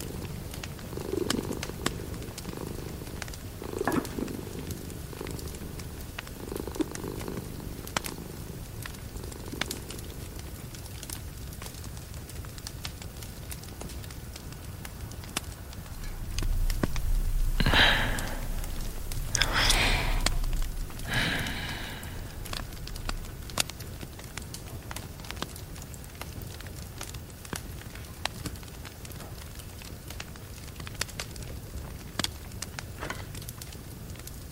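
Rain patters steadily throughout, with a fire crackling in small scattered pops and ticks. Low murmuring sounds come and go in the first ten seconds, and around 17 to 22 seconds a louder burst of rushing, hissing noise swells before settling back.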